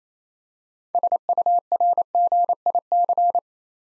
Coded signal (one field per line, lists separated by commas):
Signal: Morse code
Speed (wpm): 28 wpm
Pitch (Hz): 700 Hz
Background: none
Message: SURGIC